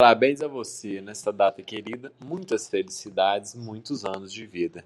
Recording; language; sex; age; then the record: short text; Brazilian Portuguese; male; 18 to 19 years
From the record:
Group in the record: control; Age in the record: 18 years